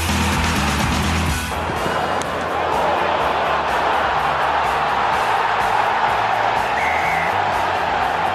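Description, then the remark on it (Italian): A crowd at Twickenham stadium roars during a Six Nations rugby match between England and Italy, a loud, continuous wall of noise for the whole stretch, with a brief dip early on before the roar swells back. No single voice stands out. “Dunque abbiamo sentito l'urlo di Twickenham, abbiamo messo paura agli inglesi dopo due partite negative per l'Italia del rugby nelle Sei Nazioni, adesso abbiamo ritrovato fiducia.”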